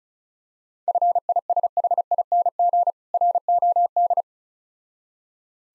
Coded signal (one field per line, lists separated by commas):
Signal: Morse code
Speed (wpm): 36 wpm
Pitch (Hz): 700 Hz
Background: none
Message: FISHING ROD